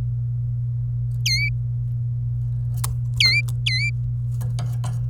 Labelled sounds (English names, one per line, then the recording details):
Domestic Canary song
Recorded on 27 April 2018 at 10:43
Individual llb3